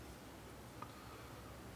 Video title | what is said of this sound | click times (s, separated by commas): Monogram 1/24 NASCAR Miller Buick Driven by Dick Trickle EP 004 (E019) | like so, and just feed it on there until it snaps in place. | 0.8 s